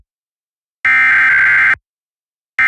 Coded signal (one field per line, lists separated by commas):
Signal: Emergency Alert System (SAME) tones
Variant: header bursts